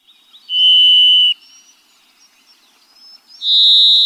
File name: Varied Thrush